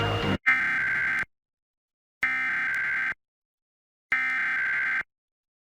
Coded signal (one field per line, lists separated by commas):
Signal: Emergency Alert System (SAME) tones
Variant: header bursts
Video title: EAS Alerts from 10/17/22 to 10/20/22 [EAS #96-100!!]